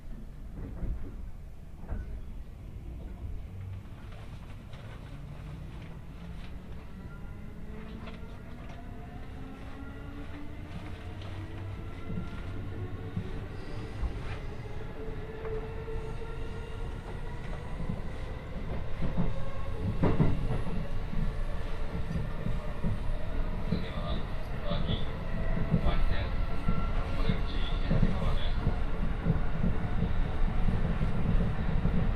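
A train rides the Kosei Line between stations, its motors giving a whine that climbs steadily in pitch as it picks up speed. A deep rumble runs underneath with scattered clicks from the wheels, and the whole sound grows louder over the last half.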